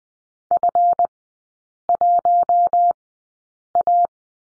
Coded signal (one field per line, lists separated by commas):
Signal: Morse code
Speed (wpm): 20 wpm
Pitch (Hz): 700 Hz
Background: none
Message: F1A